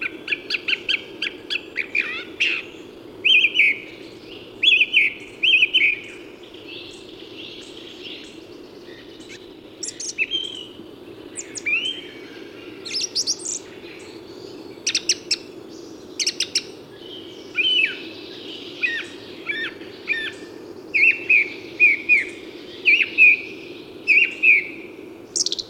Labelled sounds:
Song Thrush song

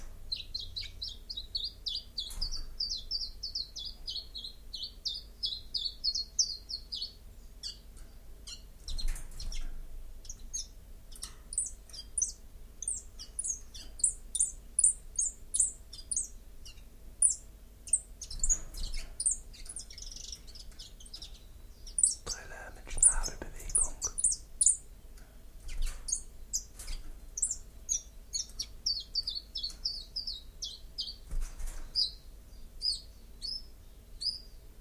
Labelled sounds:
Common Chiffchaff song

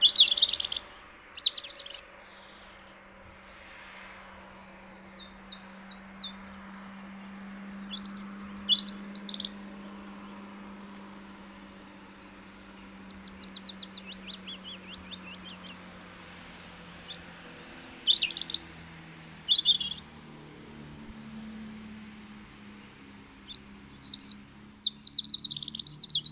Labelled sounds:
European Robin song

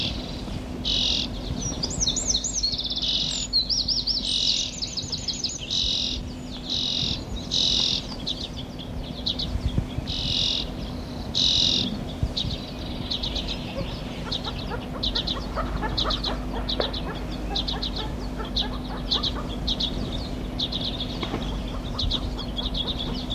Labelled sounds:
Common Redpoll

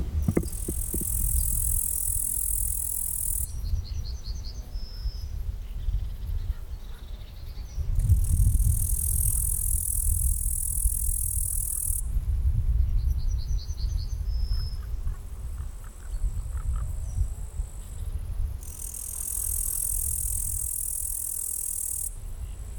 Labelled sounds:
Upland Green Bush-cricket stridulation

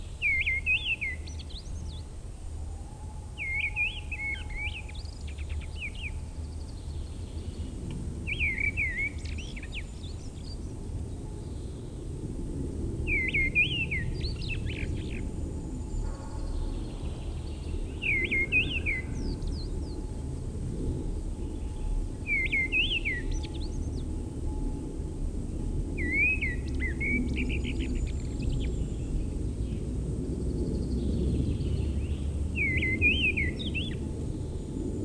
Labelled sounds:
Mistle Thrush song

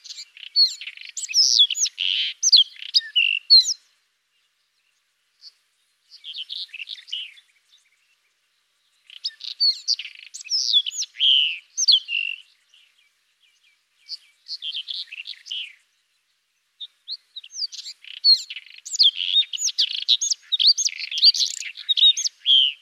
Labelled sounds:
White-throated Robin song

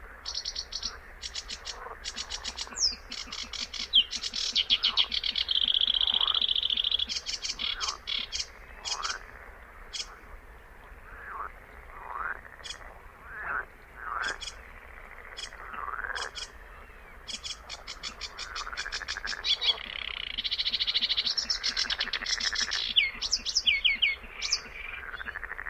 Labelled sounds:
Sedge Warbler song

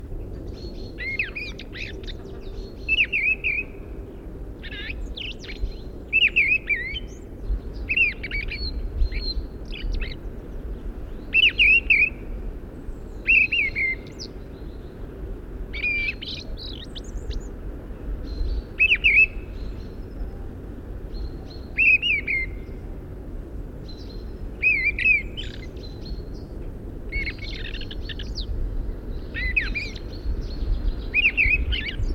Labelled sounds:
Fieldfare song

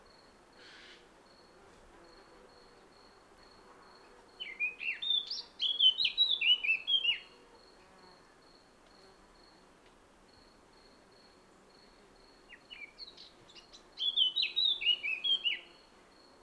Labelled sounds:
Eurasian Blackcap song

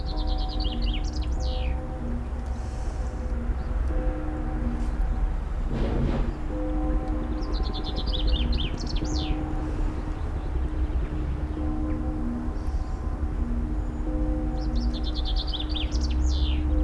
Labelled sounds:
Common Chaffinch song

